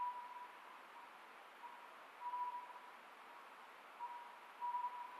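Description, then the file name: Oriental scops owl calling with short notes in small groups every couple of seconds, faint against a steady background hiss. Recorded 27 May 2010 at 23:35. "konohazuku-20100527-2335"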